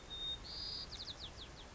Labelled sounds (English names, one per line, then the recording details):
White-crowned Sparrow
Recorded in Sonoma County, California